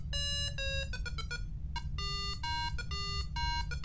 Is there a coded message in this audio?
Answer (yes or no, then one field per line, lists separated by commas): no